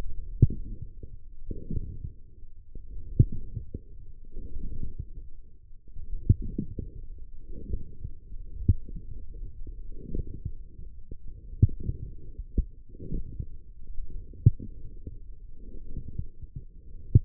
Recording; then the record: forearm muscle sounds (acoustic myography)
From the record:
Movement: forearm pronation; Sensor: system 1, eight BSWA MPA416 microphones around the upper forearm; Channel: 3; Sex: male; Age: 20 years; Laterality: left